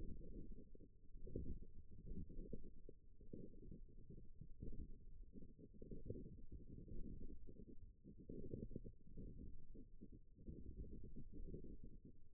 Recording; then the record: forearm muscle sounds (acoustic myography)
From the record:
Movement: wrist flexion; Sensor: system 1, eight BSWA MPA416 microphones around the upper forearm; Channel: 7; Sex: female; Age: 21 years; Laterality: right